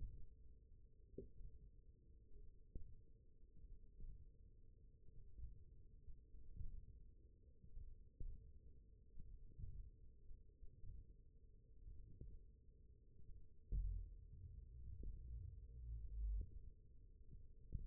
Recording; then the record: forearm muscle sounds (acoustic myography)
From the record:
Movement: thumb flexion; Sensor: system 1, eight BSWA MPA416 microphones around the upper forearm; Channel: 7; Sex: male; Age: 20 years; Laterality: left